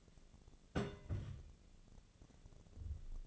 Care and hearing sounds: daily activity, microphone in the room; place on stove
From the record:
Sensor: 4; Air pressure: 1000.8 hPa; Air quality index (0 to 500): 125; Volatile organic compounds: 1 ppm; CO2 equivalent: 942 ppm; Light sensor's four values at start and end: 41/101/43/47 and 42/101/43/47

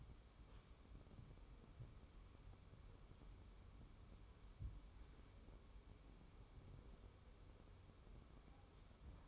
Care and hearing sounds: daily activity, microphone in the room; wipe stove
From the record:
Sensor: 1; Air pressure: 1015.1 hPa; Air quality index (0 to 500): 45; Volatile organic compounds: 1 ppm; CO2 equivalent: 616 ppm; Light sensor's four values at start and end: 13/32/13/15 and 13/32/13/14

